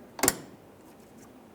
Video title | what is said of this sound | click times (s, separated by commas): How to Replace Radiator 2009-2014 Nissan Maxima 3.5L V6 | We have our locking tab facing straight rearward. Press it in. Listen for a click. | 0.2 s, 0.3 s